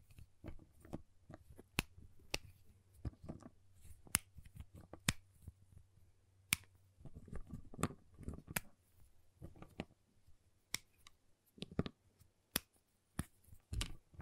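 A giant chocolate bar is tapped, cut and snapped in an irregular run of sharp clicks and cracks, a few every second, some bright and crisp, others duller. A low steady hum sits underneath for the first seven seconds, then fades.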